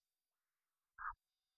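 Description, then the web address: Morelet's tree frog giving one short, quiet, croaking chuck lasting about a fifth of a second, surrounded by near silence. "Agalychnis moreletii"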